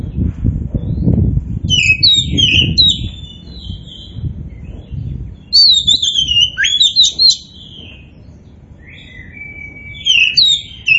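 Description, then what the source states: Oriental magpie-robin singing varied whistled phrases, rising and falling sharply, in bursts separated by short pauses, with low background rumble. Indonesian name kacer poci; described as gacor, singing vigorously and often.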